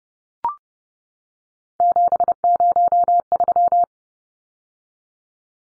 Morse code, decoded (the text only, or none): 703